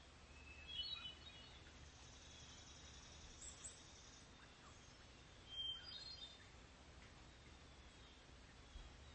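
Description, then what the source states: Hermit Thrush singing two clear, flute-like phrases about five seconds apart, each bright and ringing, with a soft constant low hum beneath. Heard from a porch in the morning as fog over a pond lifts after a rainy night, Monday, July 6, 2020; bird singing vigorously.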